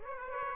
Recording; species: mosquito wingbeat signal from an infrared sensor; Aedes aegypti